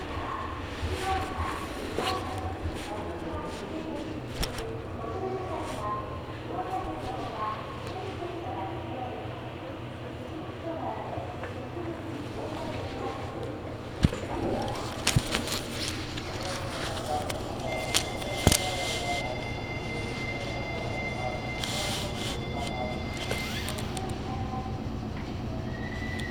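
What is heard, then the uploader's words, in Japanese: Meitetsu Bisai Line train ride, steady low rumble with murmured voices, sharp clacks and knocks, and a high tone after eighteen seconds. 名鉄尾西線 玉ノ井→名鉄一宮→津島→弥富。名前の通り尾張の西側を走るのでほぼ単線区間ですが、乗車率はそこそこあります。ＪＲ駅に到着した列車の音。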